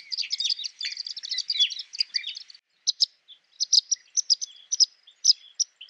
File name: african silverbill sound